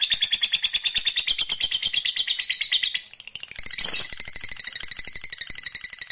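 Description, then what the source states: Lovebird in a long, rapid trill of fast high pulses that runs without a break, dips briefly halfway, then carries on steadily to the end. Fighter lovebird giving a long ngekek trill.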